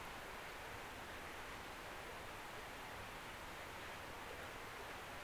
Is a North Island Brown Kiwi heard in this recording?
no